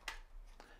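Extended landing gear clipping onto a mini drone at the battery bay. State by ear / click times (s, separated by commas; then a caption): seated / 0.1 s. A StartRC plastic extended LED landing gear is pressed onto a DJI Mini 3 Pro drone body at the battery bay until it snaps home with a sharp click at 0.1 s. A softer click follows at 0.6 s, and the landing gear is left seated securely in place.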